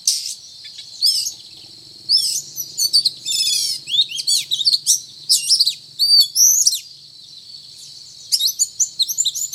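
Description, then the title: Oriental magpie-robin pouring out varied whistles, fast rattling trills and upslurred notes in lively bursts throughout, above a continuous high-pitched background drone. Described as gacor, singing vigorously. "Kacer Gacor"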